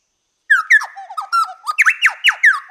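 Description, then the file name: Chowchilla song, a loud rollicking run of slurred downward whistles alternating with sharp notes, lasting a little over two seconds. "Orthonyx Spaldingii"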